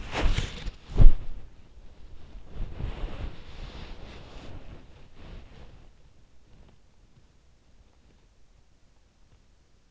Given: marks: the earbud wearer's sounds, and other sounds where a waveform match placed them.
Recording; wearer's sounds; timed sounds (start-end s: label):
sounds in sleep by an in-ear microphone; body movement
0.00-6.94 s: body movement